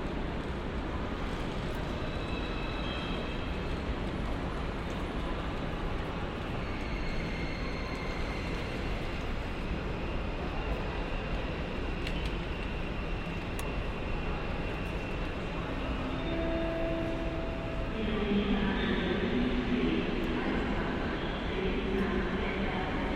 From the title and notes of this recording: Cologne Central Station | Train station sounds. Recorded on Cologne Central Station.